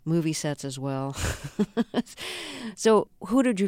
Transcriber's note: laughter